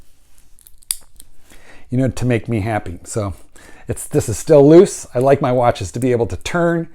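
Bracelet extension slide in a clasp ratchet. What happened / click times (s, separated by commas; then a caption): The metal slide ratchets into a new position / 0.6 s, 0.7 s, 0.8 s, 0.9 s, 1.2 s. The Glidelock extension of a steel Rolex Submariner bracelet is slid in or out through the ratchet notches of its clasp, giving sharp clicks at 0.6, 0.7, 0.8, 0.9 and 1.2 seconds as it seats at a new length. Someone then talks, and the bracelet is left still loose.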